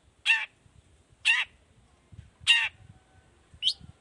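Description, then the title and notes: Long-tailed shrike giving harsh, rasping calls, three loud ones about a second apart and a shorter, thinner fourth, with faint low rumble behind. Singing persistently in the morning, with the 'toet toet' variation, used as a lure to make other shrikes of any type answer and open their beaks. "Cendet Gacor Dor Di Kala Pagi Toet Toet Variasi Suara. Cendet Gacor Efektif Pancingan Buat Cendet Jenis Apapun Agar Cepat Nyaut Buka Paruh. Burung cendet"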